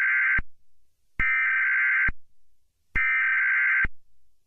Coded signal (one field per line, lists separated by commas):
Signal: Emergency Alert System (SAME) tones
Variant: header bursts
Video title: The bunny killer (EAS SCENARIO)